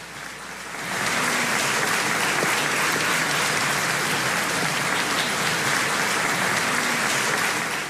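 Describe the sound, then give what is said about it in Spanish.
Applause from a theater audience: dense, steady clapping that swells in after a quiet first second and holds at an even, loud level, like crackling rain with no voices. “Ya nos sentimos en el teatro con estos aplausos.”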